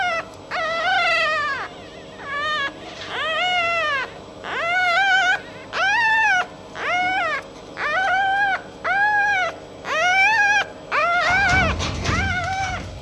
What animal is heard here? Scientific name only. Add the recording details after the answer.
Vulpes vulpes. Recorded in captivity. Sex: diverse. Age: diverse. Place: Zoologisches Institut der HUB, Berlin, DE. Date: 1956-04-26 13:40. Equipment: Elmetra. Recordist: Tembrock, Günter